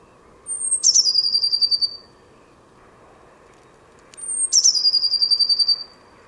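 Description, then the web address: Bird calls twice, each a thin high whistle dropping into a fast, descending buzzy trill about a second long, with a steady low hum underneath. "cianscape birddata Deverinetal 2025 Bird Only Cy Ca"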